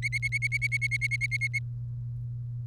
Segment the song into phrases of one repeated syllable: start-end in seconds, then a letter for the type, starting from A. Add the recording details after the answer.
0.02-1.59 A. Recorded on 30 April 2018 at 15:34. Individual llb3